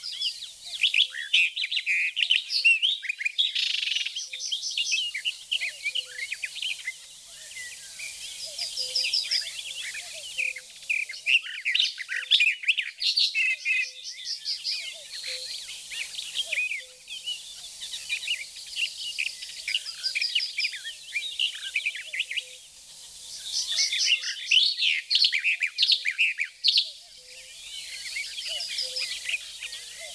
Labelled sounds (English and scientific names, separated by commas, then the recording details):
Barred Warbler (Sylvia nisoria) song
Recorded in the wild
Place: Flögelner See, Schleswig-Holstein, DE
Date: 1985-05-24
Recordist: Schwarz, Dieter
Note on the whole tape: Song